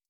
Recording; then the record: hydrophone in a shrimp aquaculture tank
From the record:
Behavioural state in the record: stressed